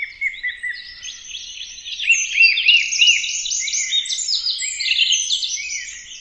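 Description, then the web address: Bird chirps build into a loud, rapid chattering run of arched, repeated notes. "birddata Deverinetal 2025 Bird Only"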